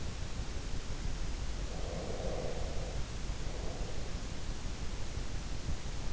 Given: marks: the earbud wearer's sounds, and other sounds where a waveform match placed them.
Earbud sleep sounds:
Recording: sounds in sleep by an in-ear microphone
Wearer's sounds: breath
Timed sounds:
1.66-4.33 s: breath

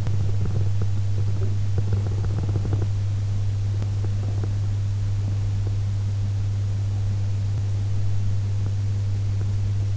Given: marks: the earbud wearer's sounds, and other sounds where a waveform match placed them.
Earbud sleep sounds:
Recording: sounds in sleep by an in-ear microphone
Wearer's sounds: teeth grinding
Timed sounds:
0.00-2.96 s: teeth grinding
3.72-5.80 s: teeth grinding

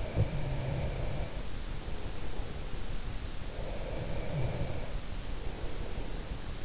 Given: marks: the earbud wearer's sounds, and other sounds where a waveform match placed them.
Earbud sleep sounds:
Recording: sounds in sleep by an in-ear microphone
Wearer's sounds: breath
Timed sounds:
0.00-2.93 s: breath
3.57-6.16 s: breath

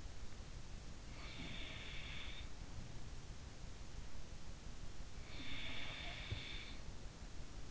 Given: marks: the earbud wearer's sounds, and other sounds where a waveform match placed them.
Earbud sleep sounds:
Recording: sounds in sleep by an in-ear microphone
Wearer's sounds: breath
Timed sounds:
0.40-2.97 s: breath
4.63-7.71 s: breath

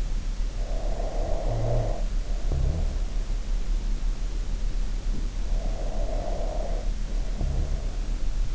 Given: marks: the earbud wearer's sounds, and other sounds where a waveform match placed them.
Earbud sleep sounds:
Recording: sounds in sleep by an in-ear microphone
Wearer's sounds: snoring breath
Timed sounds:
0.82-3.40 s: snoring breath
5.41-8.55 s: snoring breath

